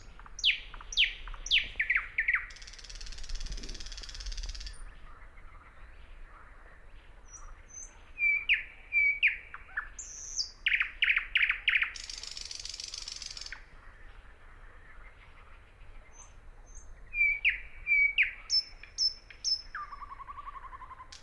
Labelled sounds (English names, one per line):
Thrush Nightingale song